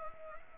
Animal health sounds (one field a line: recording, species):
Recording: mosquito wingbeat signal from an infrared sensor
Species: Anopheles gambiae